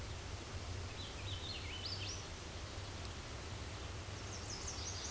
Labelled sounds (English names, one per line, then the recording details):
Hooded Warbler song
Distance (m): 60 m
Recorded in a Pennsylvania forest on 18 May 2023 at 10:21
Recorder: AudioMoth, point grid1_22_low
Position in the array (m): 251 m, 151 m